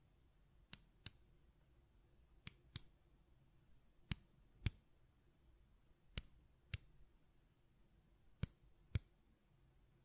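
Sharp button clicks and taps arrive mostly in pairs, each crisp and bright with a quick decay, about ten in all spread across the clip. Between them there is only a faint low hum, so each click stands out clearly against near silence.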